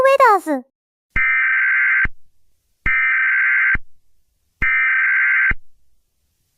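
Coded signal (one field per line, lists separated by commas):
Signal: Emergency Alert System (SAME) tones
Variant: header bursts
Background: speech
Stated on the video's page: Special Marine Warning alarm aired during a broadcast of a compilation program.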